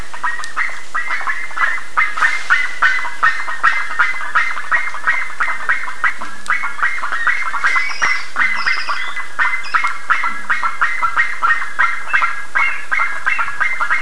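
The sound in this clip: Bird: a long run of bird calls, many short honking notes overlapping from a flock, with occasional higher squeals above.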